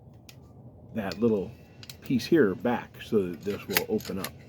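A trigger safety lever in the handle of a Worx WorxSaw compact circular saw is being handled and pushed back so the trigger can open, while someone talks. A brief sharp tick comes near 0.3 s, followed by speech. The lever has not yet clicked into its locked position when the clip ends.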